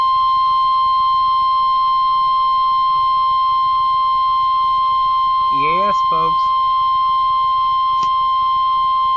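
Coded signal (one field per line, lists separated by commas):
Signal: Emergency Alert System (SAME) tones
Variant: 1050 Hz attention tone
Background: speech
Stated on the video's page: Tornado warning issued for Tennessee.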